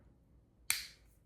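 A watch strap, lined up in the right orientation, is pushed into the lug of a Samsung Galaxy Watch 8 44mm case. It seats with a single sharp, bright click at 0.7 s against a quiet background. The click rings briefly and fades, and the band is clicked into place.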